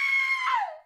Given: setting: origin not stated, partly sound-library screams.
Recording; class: one-second piece from a danger detection set; woman in danger